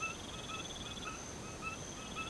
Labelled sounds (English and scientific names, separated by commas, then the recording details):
none
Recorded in pastures near Puerto Asís, Putumayo, Colombia, on 21 March 2025 at 01:30
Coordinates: 0.486, -76.323
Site G075